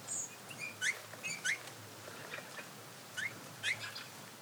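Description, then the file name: Eurasian bullfinch calls, a few brief soft whistles, with faint background hiss. "Pyrrhula pyrrhula"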